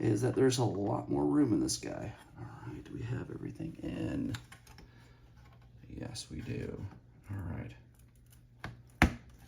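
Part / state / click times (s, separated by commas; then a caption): accelerator board into the computer's internal socket or case / seated / 9.0 s. An accelerator board is pressed into the case of a Mega ST computer, seating into its internal socket while someone talks. After a few faint clicks and taps, a sharp, loud snap at 9.0 s marks the board locking into place.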